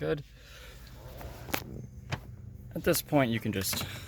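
Someone talks while handling a plastic steering column trim panel at the steering column of a 1999–2014 Hyundai Sonata after an ignition switch replacement, with brief sharp taps near 1.5 s and 2.1 s. The panel is still being handled, and nothing has seated or clicked into place yet.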